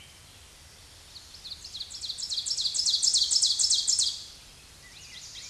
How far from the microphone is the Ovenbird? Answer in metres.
about 10 m